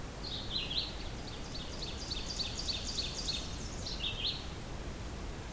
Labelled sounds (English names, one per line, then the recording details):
Ovenbird song
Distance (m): 50 m
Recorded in boreal forest in Alberta, Canada, on 30 June 2016 at 08:12
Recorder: SongMeter 3, array SBT-6-79
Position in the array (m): 21 m, 143 m
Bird 40